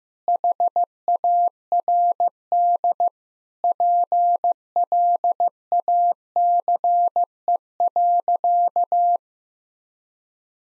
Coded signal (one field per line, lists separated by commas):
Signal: Morse code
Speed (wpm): 15 wpm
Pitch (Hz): 700 Hz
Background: none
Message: HARD PLACE.